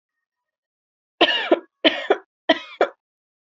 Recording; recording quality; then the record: heavy voluntary cough; excellent, no background noise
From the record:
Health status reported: healthy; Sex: female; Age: 23 years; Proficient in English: yes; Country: India